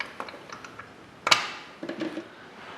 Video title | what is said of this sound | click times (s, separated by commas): TaoTao ATM50-A1 Chinese Scooter PDI Assembly Part 8 : Ignition Upgrades And Checks | You should hear it click into place on the plug. | 1.3 s